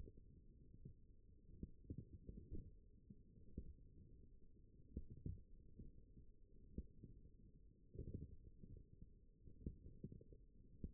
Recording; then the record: forearm muscle sounds (acoustic myography)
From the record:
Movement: forearm supination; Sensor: system 1, eight BSWA MPA416 microphones around the upper forearm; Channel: 7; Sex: male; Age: 42 years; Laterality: right